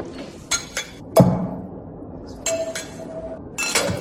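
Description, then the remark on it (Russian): Wine glasses clink together several times in short bursts, bright sharp chinks with one clear ringing tone lingering after a strike, with no voices. “Все эти бокалы вы еще раз вымоете и отполируете.”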